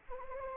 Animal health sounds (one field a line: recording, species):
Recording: mosquito wingbeat signal from an infrared sensor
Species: Anopheles gambiae